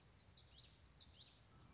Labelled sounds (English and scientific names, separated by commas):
Common Yellowthroat (Geothlypis trichas)